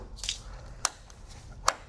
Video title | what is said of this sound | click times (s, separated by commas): Tesla Model 3 Battery Swap Chemistry Change! NMC to LFP | you put the clip in the locked position and then push it on there, you get a real positive click when it uh goes into position. | 0.9 s, 1.7 s